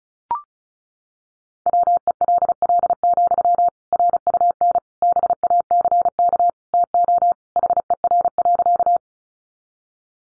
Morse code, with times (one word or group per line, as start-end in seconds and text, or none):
1.7-3.7 WELL,
3.9-4.8 RUN
5.0-6.5 BACK
6.7-7.3 TO
7.6-9.0 HER.